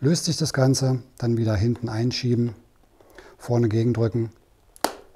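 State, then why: Seated. A plastic Cardo Freecom 4+ motorcycle intercom control unit is hooked into the back of its helmet mount cradle and pushed in at the front while someone talks. A sharp click at 4.8 s shows it has locked in place, which matters because an unlocked unit can be lost while riding.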